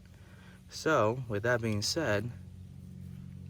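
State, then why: Not seated. A venturi cup is handled at a lawn mower carburetor body, where it must be fully seated. Someone talks over a steady low hum, and the cup has not seated or clicked into place yet.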